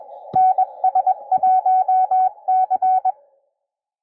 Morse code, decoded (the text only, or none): NS1C